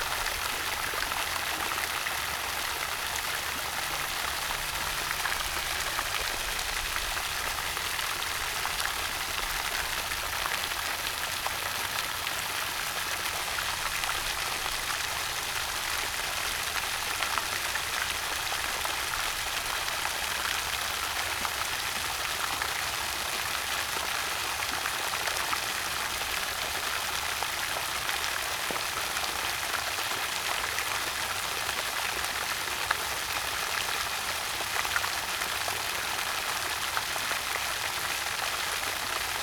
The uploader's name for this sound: Gushing Water Spring